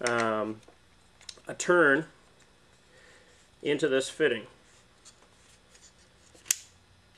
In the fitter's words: and you could hear it snap in there so that's that's all there is to it